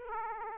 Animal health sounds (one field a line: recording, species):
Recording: mosquito wingbeat signal from an infrared sensor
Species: Aedes aegypti